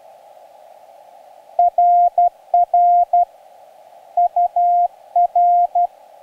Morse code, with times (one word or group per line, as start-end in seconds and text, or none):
1.6-3.2 RR
4.2-5.9 UR